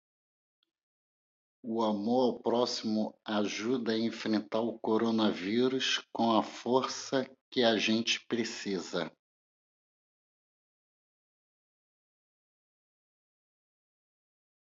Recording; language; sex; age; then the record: spoken sentence; Brazilian Portuguese; male; 50 to 59 years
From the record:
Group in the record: control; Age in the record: 58 years